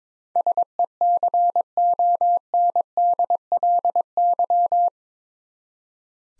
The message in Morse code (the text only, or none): SECONDLY